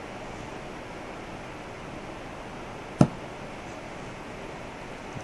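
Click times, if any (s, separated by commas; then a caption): 3.0 s. A fan cable plug is pushed onto the fan header connector of a graphics card during a cooling plate install. Against a steady broadband hiss, a single short, sharp click sounds at 3.0 seconds as the plug seats on its board connector.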